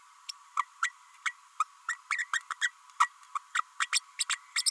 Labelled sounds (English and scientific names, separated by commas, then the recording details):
Green-rumped Parrotlet (Forpus passerinus) babbling
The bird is a female
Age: 32 days
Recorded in a nest box in Venezuela
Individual 17B32A5